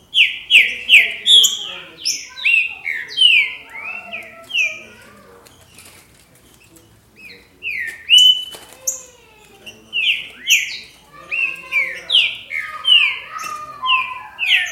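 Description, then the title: Green-winged saltator song: dense run of clear, downslurred whistles, briefly broken by a quieter gap in the middle, then resuming in rapid overlapping phrases. "Trinca Ferro"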